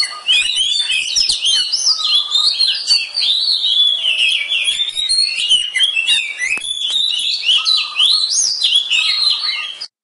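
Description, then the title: Oriental magpie-robin in continuous rolling song, a fast unbroken warble of varied whistles, chirps and trills that runs for the whole stretch. Kacer poci competition bird in full song (gacor), national champion; song styles nembak and ngerol; seven kinds of kacer sounds every three minutes. "Kacer Poci Gacor Nembak Dan Ngerol Juara Nasional. 7 macam suara kacer setiap 3 menit"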